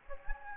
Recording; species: mosquito wingbeat signal from an infrared sensor; Anopheles gambiae